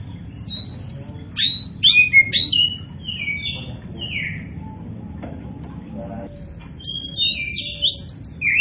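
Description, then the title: Oriental magpie-robin song, clear sweet whistles and slurred notes in short bursts, a pause, then a fast series of whistled phrases. Singing strongly (gacor). "Kacer Poci Gacor"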